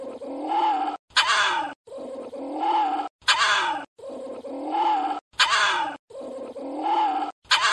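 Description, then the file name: Small Indian civet call series: quavering moans alternating with sharp rasping bursts, about every two seconds. "Tieng chon huong"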